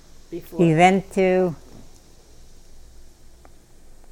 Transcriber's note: none